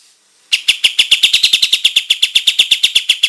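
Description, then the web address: Olive-winged bulbul delivering a continuous string of rapid, high, crisp chirps, steady and unbroken after a quiet start. Singing in full, active voice (gacor). "kapas-tembak suara-burung-kapas-tembak-gacor"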